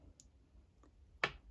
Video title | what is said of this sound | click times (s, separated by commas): Zero Gap Explained - Zero Gapping the Babyliss Gold Fx | and push down until you hear like a snap heading blade and the guard blade should be perfectly lined right here | 1.2 s